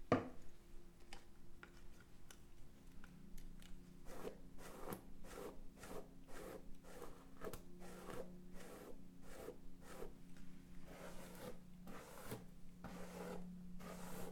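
Someone brushes their teeth, the scrubbing coming as quick regular strokes, about two per second, from around four seconds onward. A clink opens the clip, followed by quieter handling. A low steady hum runs underneath throughout.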